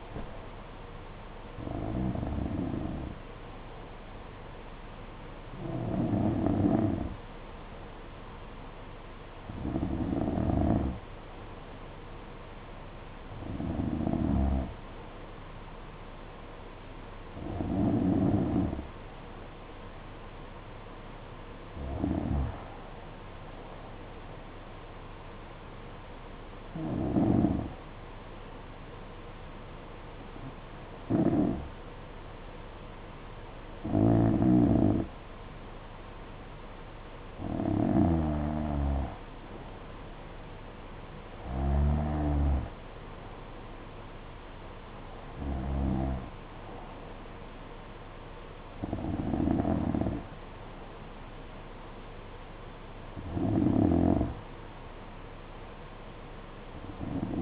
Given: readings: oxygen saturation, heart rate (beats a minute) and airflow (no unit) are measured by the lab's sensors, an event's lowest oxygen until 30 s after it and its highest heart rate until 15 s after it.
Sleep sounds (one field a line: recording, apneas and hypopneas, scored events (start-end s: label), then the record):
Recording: breathing in sleep by a voice recorder at the bedside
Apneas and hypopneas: none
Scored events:
none scored
From the record:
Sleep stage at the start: N2 (light sleep)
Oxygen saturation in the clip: 90 to 92%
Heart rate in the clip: 55 to 62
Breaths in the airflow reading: 14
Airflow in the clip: -7.2 to 6.0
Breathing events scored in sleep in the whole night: 476 in 9.7 hours asleep